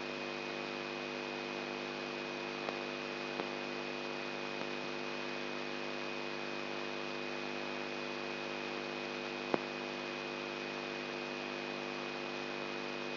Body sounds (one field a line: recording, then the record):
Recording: brain microelectrode recording played as sound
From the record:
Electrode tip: outside the subthalamic nucleus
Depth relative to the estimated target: -6 mm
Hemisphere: right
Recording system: AlphaMap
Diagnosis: Parkinson's disease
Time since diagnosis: 11 years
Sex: male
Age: 67 years